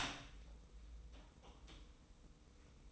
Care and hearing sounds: daily activity, microphone in the room; open door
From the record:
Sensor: 1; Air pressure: 990.5 hPa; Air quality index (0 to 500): 158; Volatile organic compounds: 1000 ppm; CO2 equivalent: 5732 ppm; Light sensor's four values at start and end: 33/74/32/34 and 32/73/32/34

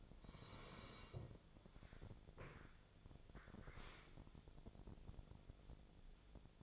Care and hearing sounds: daily activity, microphone in the room; sit down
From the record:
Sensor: 5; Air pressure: 1000.5 hPa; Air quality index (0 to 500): 146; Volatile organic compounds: 2 ppm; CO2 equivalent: 1130 ppm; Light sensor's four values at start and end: 48/111/46/49 and 48/112/47/49

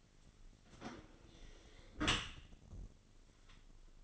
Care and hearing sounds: daily activity, microphone in the room; close dishwasher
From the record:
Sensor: 4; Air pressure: 1003.9 hPa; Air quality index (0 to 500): 146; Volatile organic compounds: 2 ppm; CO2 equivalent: 1047 ppm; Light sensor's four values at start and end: 19/44/18/19 and 19/45/18/19

